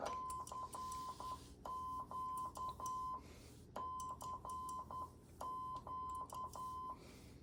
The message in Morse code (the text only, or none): CQ CQ